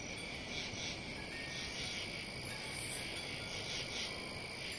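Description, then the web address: Crickets keep up a high steady trill with gentle pulsing swells, over even background noise. "сверчки"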